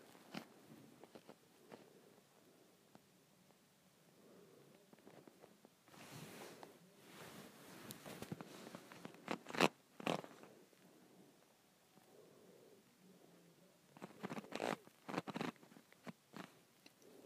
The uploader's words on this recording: ASMR Twisting and Turning a Handle.